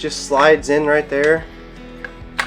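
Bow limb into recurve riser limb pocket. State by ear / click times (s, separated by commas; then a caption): seated / 2.4 s. Someone talks while the top limb of a Hoyt Satori ILF recurve bow is slid into the riser's limb pocket, its button going into the slot. A faint tick comes at 2.0 s, then a sharp snap at 2.4 s as the limb seats firmly in place.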